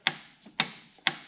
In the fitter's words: you hear it click